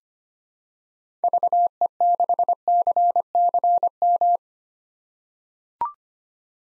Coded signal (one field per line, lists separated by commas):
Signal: Morse code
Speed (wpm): 25 wpm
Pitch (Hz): 700 Hz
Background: none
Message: VE6CCM